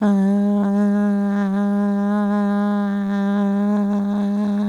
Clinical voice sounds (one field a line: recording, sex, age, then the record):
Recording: sustained vowel /a/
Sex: female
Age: 50 to 59 years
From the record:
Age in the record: 50 years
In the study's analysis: excluded